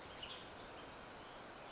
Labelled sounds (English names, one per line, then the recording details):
Western Tanager
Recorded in Sonoma County, California